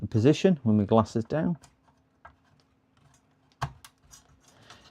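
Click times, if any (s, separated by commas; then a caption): 3.6 s, 3.8 s. Someone talks, then a memory module lined up in a motherboard DIMM slot is pressed down with equal pressure on both ends. A few faint ticks precede a sharp click at 3.6 s and a second at 3.9 s as the slot's retention clips snap in on both sides, seating the RAM stick.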